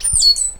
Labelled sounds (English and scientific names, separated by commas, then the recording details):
Stitchbird (Notiomystis cincta) song
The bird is a male
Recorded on Tiritiri Matangi Island, New Zealand, in 2005
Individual 10, of nest box 12